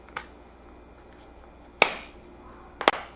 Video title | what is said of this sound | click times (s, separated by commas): Best Bucket Floor Cleaning System - O-Cedar Easy Wring Microfiber Spin Mop Review | just snap this directly on here | 1.8 s, 2.9 s